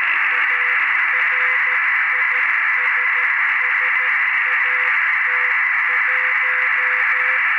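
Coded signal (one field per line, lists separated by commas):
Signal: Morse code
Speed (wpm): 12 wpm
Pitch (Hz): 500 Hz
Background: radio noise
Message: ARISSAT1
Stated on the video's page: Telemetry from the ARISSAT-1 satellite.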